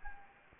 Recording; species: mosquito wingbeat signal from an infrared sensor; Anopheles gambiae